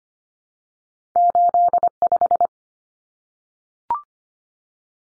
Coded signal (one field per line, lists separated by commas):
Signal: Morse code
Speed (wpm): 25 wpm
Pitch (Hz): 700 Hz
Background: none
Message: 85